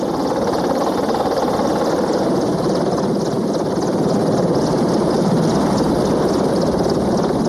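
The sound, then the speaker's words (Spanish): A jet-turbine helicopter runs steadily, its engine whine layered over the dense, rapid chop of the rotor, loud and continuous throughout with no voices. “En el helicóptero, el motor a reacción no usa su potencia para el empuje, como en un avión. El reactor transformaría el helicóptero.”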